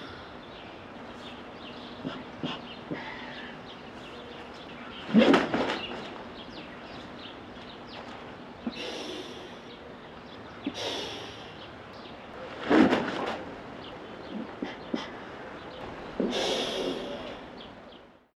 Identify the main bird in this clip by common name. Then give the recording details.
Andean Condor. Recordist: Tembrock, Günter. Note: Zischen des Weibchens und Laute des Männchens beim Auffliegen